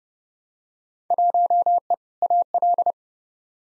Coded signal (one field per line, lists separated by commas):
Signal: Morse code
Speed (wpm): 29 wpm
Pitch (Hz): 700 Hz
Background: none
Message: 1E AL